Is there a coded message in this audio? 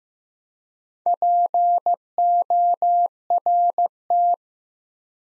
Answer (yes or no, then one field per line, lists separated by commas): yes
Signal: Morse code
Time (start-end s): 1.1-4.3 s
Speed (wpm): 15 wpm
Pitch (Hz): 700 Hz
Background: none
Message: PORT